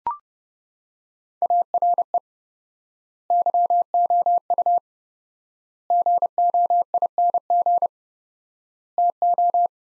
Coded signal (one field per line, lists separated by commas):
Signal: Morse code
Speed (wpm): 30 wpm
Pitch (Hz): 700 Hz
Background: none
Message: ARE YOU GOING TO